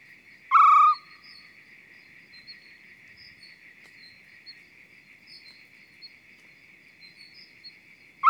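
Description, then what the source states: Arabian scops owl giving a single brief hoot near the start and another beginning at the very end, over a continuous shrill insect chorus. Male hooting.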